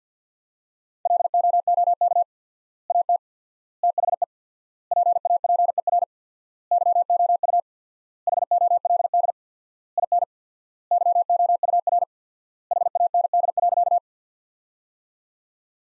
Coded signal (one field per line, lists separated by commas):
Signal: Morse code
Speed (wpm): 50 wpm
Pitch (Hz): 700 Hz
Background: none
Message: LOOK AT THE PAPER YOU HOLD IN YOUR HAND.